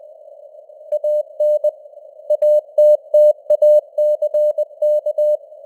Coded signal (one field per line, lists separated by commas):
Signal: Morse code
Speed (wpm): 20 wpm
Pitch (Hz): 600 Hz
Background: none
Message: AN ATTACK